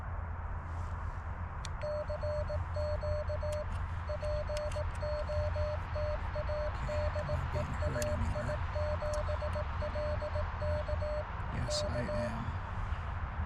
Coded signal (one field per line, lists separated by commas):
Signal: Morse code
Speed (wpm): 18 wpm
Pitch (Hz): 600 Hz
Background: music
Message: CQ POTA DE AI7LK K